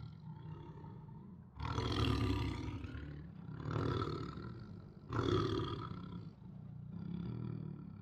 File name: Sound Ideas. Siberian Tiger Aggressively Growls, Roars and Snarls